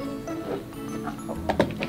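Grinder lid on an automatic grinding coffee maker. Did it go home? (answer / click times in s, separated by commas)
yes / 1.6 s, 1.8 s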